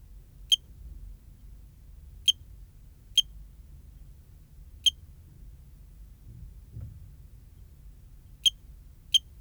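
Eugrylloides pipiens cricket repeating sharp, high single chirps at uneven gaps of under one to over three seconds, with a soft low thump and steady hum.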